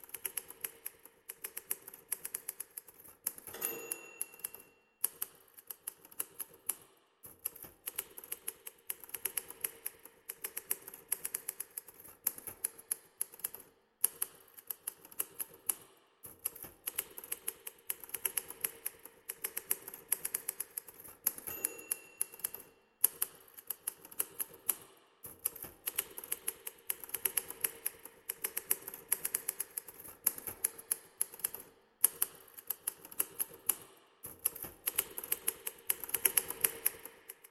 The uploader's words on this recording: INFiNi - D - Binaural Soundscapes - TypeWriter.